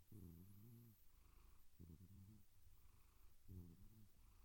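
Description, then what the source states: Domestic cat making low humming purrs, a long burst, a shorter one, then a third after a pause, over quiet rumble. Gentle cat meows and purrs.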